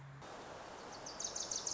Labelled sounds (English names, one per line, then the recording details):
Wilson's Warbler
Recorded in Sonoma County, California